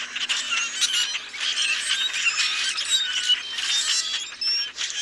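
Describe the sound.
Common grackle flock chorus: a dense, continuous wall of squeaky, creaking and whistled notes from many birds, with no pauses.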